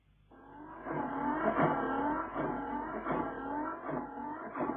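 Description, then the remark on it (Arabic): A car engine that has just been repaired idles loudly and revs in a series of repeated surges, its rumbling tone rising and falling roughly once a second, with no voices over it. “يا سلام على ايدك يا حنف، الموتور بقى زي الساعه.”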